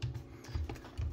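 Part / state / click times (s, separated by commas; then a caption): socket adapter into impact driver chuck / not seated / none. A standard socket adapter's square-drive fitting is pushed into the hex quick-release chuck of an impact driver, producing a few short, light knocks and scraping contacts around 0.0, 0.5, 0.7 and 1.0 seconds. The adapter does not lock in, and nothing clicks or seats, because a standard socket set adapter won't work in an impact driver.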